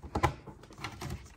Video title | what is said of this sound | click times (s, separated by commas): Matchbox Action Drivers Police Station Dispatch Playset (New for 2022) | snaps into place very easy just | 0.2 s